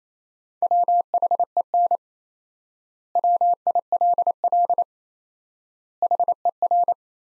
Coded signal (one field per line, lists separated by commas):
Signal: Morse code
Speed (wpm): 28 wpm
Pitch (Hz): 700 Hz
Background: none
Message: WHEN WILL HER